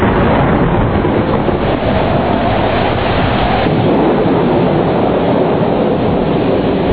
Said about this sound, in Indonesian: Perempuan itu kembali memutar kepalanya, dan matanya dilayangkan ke depan, menatap air hujan yang dihempaskan angin kencang.